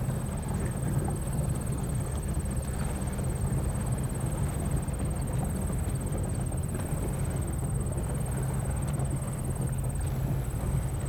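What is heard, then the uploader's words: A quiet night by a lake, with a steady low murmur filling the whole scene and an irregular patter of soft knocks. A thin, high, unbroken whine, like insects, runs throughout, dipping briefly near the tenth second. Quiet Night on the Lake.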